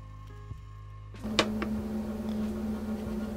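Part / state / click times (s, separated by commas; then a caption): f-theta lens into spacer on laser head / seated / 1.4 s. A fiber laser f-theta lens is turned backwards against the threaded spacer on the laser head until the thread start drops in with a sharp click at 1.4 seconds, showing it is lined up with the threads and seated. A steady hum fills the clip, rising after about 1.2 seconds, and a softer tick follows at 1.6 seconds.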